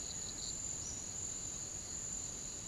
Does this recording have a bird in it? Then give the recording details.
yes. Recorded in pastures near Puerto Asís, Putumayo, Colombia, on 9 March 2025 at 08:30. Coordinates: 0.486, -76.323. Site G075